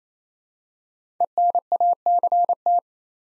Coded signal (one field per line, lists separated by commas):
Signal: Morse code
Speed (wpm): 27 wpm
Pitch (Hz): 700 Hz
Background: none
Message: ENACT